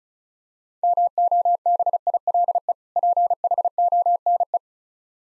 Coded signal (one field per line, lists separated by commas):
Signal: Morse code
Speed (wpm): 37 wpm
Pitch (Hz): 700 Hz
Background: none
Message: MOBILE PHONE